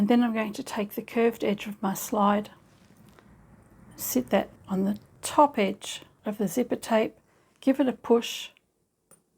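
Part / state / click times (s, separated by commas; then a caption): zipper slider onto zipper tape of a sewn bag / not seated / none. Someone talks while setting the curved edge of a zipper slider on the top edge of the zipper tape of a sewn fabric bag and giving it a push, with a few faint handling sounds in the pauses. The slider has not clicked onto the tape or seated yet.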